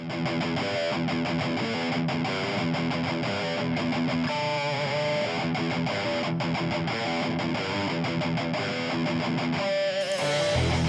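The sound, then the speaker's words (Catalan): A loud, dense 2022 rock track mixing rap, punk and rock, with heavily distorted guitars, keyboards, drums, bass and vocals, a driving steady beat and layered effects, playing continuously at full volume without a pause. “Des del seu treball … del 2022 us porto un tema on barregen rap, punk i rock i és un temacle espectacular”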